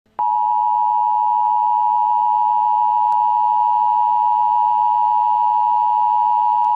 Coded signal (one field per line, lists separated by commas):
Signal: Emergency Alert System (SAME) tones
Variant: 853 and 960 Hz attention tone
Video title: (Wider US) Mini EAS Scenario: NORTHEAST GO BRRRRRRRR!